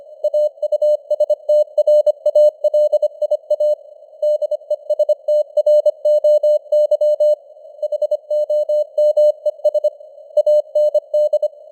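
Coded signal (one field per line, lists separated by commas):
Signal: Morse code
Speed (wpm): 25 wpm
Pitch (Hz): 600 Hz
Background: none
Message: AUSTRALIA DESTROY HOMES AND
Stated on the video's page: Morse news headlines at 25 wpm with simulated radio noise and fading (QSB).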